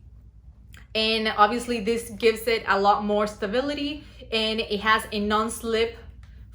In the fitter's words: all you have to do is align it and let it click into place